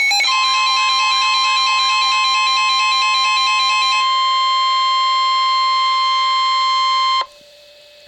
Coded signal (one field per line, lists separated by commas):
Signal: Emergency Alert System (SAME) tones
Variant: 1050 Hz attention tone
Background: music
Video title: EAS Alert #108- Severe T-storm Warning 5/4/12